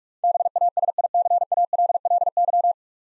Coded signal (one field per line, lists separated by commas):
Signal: Morse code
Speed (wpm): 44 wpm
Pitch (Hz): 700 Hz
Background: none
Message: BASICALLY